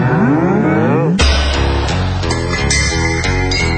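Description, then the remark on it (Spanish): A single drawn-out cow moo with a bending, wavering pitch, cut off after about a second as loud rhythmic music with a thumping beat takes over. “Ciudadanos, tenemos que cambiar a este pueblo, colgar luces, colgar carteles, castrar a las vacas.”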